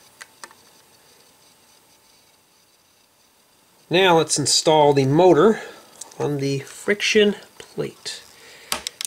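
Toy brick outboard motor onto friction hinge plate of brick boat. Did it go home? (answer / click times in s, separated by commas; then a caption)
yes / 8.7 s. A toy-brick outboard motor is pressed onto a friction hinge plate at the stern of a plastic brick boat. After a few faint clicks near the start and a stretch of someone talking, several sharp plastic clicks are heard. The motor snaps into place and seats at 8.7 s.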